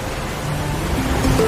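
Calm sea waves at Isla Corona make a steady, soft wash of noise that swells slightly toward the end, with a faint low hum running underneath and no voices.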